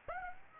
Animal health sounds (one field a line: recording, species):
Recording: mosquito wingbeat signal from an infrared sensor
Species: Aedes aegypti